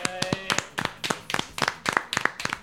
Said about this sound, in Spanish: Un aplauso, por favor